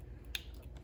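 After first trying it the wrong way round, a PC power cable connector is flipped and pushed into its socket on the board or graphics card. One sharp plastic snap is heard at 0.35 s, with fainter ticks around it over a low hum. The connector snaps fully into place.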